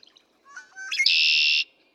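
Red-winged Blackbird song, a few short lead-in notes, then a harsh, ringing trill held for about half a second.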